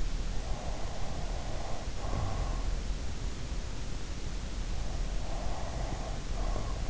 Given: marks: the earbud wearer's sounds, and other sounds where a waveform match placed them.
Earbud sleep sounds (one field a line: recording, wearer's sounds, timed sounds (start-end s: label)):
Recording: sounds in sleep by an in-ear microphone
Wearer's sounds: breath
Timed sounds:
0.47-2.85 s: breath
4.91-6.90 s: breath